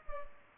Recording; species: mosquito wingbeat signal from an infrared sensor; Culex pipiens